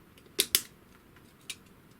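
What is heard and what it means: A plastic side panel for a Tamiya Lunchbox Jr 1/32 Mini 4WD model car is pushed onto the plastic body shell and snaps down onto its catches. Two sharp, bright plastic clicks come at 0.4 s and 0.55 s, followed by a fainter tick at about 1.5 s. The panel is seated and clicked into place.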